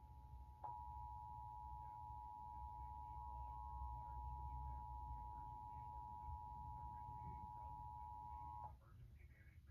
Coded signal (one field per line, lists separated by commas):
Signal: Emergency Alert System (SAME) tones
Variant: 853 and 960 Hz attention tone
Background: speech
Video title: WPVI-TV Emergency Alert System Required Monthly Test in PA (EAS #79)